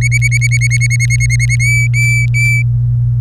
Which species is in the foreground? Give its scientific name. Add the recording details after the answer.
Serinus canaria. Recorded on 24 April 2018 at 17:13. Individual llb3